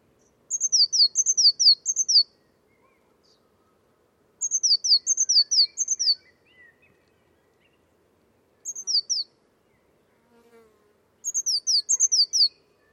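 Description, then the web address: High, thin bird notes in fast descending series, given in bursts separated by a few seconds of near silence. Bird-only recording. "cianscape birddata Deverinetal 2025 File origin Bird Only Cy Ca"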